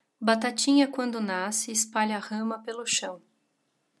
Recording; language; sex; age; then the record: short text; Brazilian Portuguese; female; 20 to 29 years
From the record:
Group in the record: control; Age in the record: 28 years